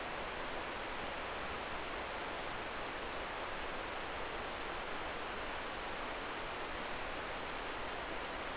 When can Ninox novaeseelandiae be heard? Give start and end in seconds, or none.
none